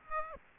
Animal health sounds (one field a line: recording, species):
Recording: mosquito wingbeat signal from an infrared sensor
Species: Aedes aegypti